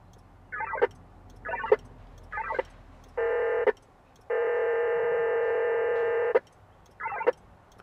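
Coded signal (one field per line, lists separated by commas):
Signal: HF data modem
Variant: VARA FM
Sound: four short buzzy data bursts, two long dense multi-tone hissing blocks, then another burst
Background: low vehicle rumble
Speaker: it did send the traffic out first before it lets me uh take the incoming messages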